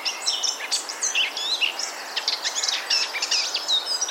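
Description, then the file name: Eurasian blackcap song, short rapid twittering phrases with squeaky and whistled elements filling the whole excerpt, background hiss underneath. "Sylvia atricapilla"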